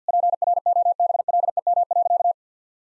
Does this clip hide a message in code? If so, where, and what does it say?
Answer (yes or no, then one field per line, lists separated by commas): yes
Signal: Morse code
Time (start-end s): 0.1-2.3 s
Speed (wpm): 50 wpm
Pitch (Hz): 700 Hz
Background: none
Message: PROBLEM.